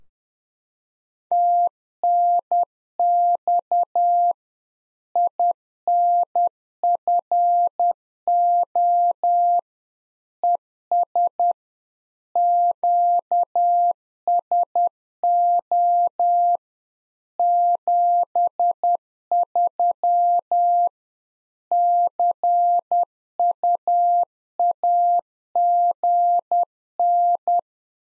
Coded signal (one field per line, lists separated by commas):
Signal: Morse code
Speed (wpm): 10 wpm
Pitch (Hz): 700 Hz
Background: none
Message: TNX INFO ES QSO 73 CUAGN